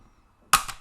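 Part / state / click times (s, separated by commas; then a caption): snap-fit plastic housing of a handheld game console / released / 0.5 s. The screwless, snap-fit plastic shell of a Game Station 5, a bootleg PS5 handheld game console, is pried apart by hand. After a quiet stretch, a sharp, loud crack at 0.5 s is followed by a smaller crack near 0.7 s as the snap clips pop open. The shell releases without breaking.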